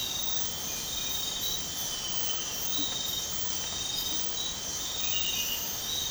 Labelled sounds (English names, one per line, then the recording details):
none
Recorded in dense forest near Puerto Asís, Putumayo, Colombia, on 12 March 2025 at 05:00
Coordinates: 0.467, -76.328
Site G041